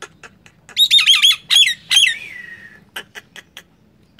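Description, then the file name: Nias hill myna giving a few soft clicks, then a loud cluster of ringing, slurred whistles ending in a falling tone, followed by quieter notes. "suara jalak nias"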